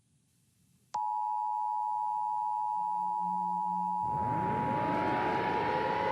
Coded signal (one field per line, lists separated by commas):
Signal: Emergency Alert System (SAME) tones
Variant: 853 and 960 Hz attention tone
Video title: Top 7 Scariest Sirens Used in EAS Videos